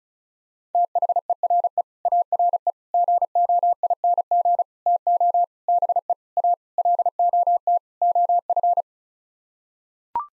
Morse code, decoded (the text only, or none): THERE ARE GOING TO BE A LOT OF